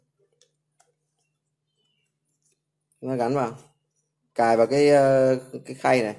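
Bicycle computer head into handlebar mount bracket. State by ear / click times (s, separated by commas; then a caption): not seated / none. A bicycle computer (speedometer) head is brought to its handlebar mount bracket and positioned over the plastic tray before being pushed home. Only a few faint ticks are heard before someone talks. Nothing has clicked into place yet.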